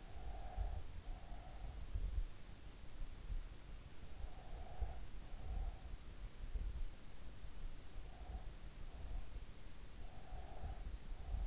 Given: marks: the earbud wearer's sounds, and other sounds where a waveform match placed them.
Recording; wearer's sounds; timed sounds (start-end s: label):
sounds in sleep by an in-ear microphone; breath
0.00-1.44 s: breath
4.06-5.76 s: breath
7.83-9.13 s: breath
10.00-11.47 s: breath